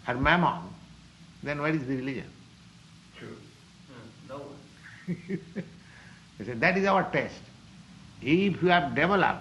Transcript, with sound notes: or mammon, then where is the religion?
True. Eh, no.
[laughs] You see. That is our test. If you have developed...